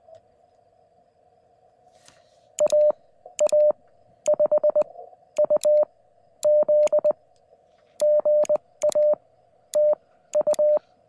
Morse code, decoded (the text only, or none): AA5UZ GA TU